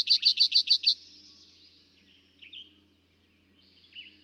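Eastern Towhee song opens with a burst of six fast, ringing notes. Afterwards only scattered faint chirps and a steady low hum are heard.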